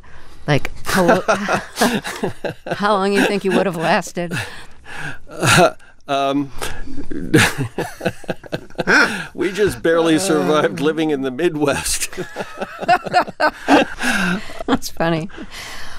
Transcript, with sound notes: Like...
(LAUGHTER)
How long you think you would've lasted?
(Laughter) We just barely survived living in the Midwest.
(LAUGHTER)
That's funny.